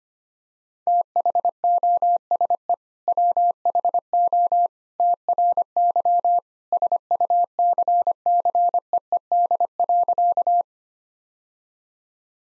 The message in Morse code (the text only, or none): THOSE WHO TRY SUCCEED.